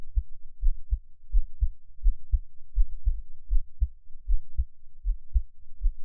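Steady paired low thumps at about 81 beats a minute: a regular adult heartbeat heard up close through an NT5 microphone.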